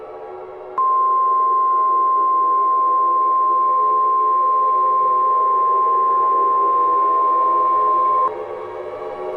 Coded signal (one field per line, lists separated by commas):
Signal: Emergency Alert System (SAME) tones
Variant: 1050 Hz attention tone